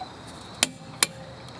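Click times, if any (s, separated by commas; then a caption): 0.6 s, 1.0 s. A click-type torque wrench tightens the next lug nut on a wheel hub stud in a star pattern. Over a quiet, steady background, two sharp metallic clicks ring out at 0.6 s and 1.0 s, showing the wrench has reached its torque setting on the lug nut.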